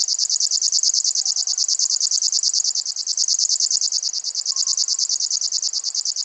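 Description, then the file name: River warbler song: a dry, insect-like sizzling of rapid, evenly spaced pulses running without a break. "Zvuki ptic Rechnoj sverchok"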